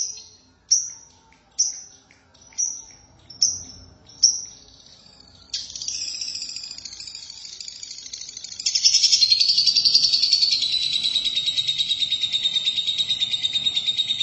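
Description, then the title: Lovebird calling: a series of sharp descending chirps about a second apart, then a continuous buzzy trill that grows louder and goes on steadily. "BM Suara Burung Lovebird"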